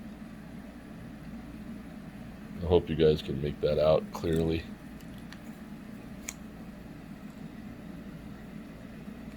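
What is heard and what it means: A plastic part of a Marvel Legends Hasbro Abomination Hulk build-a-figure action figure is handled near its body joint socket while someone talks from about 2.6 to 4.7 seconds over a steady low hum. Two brief sharp ticks follow at 5.3 and 6.3 seconds. The part has not seated or clicked into the joint yet.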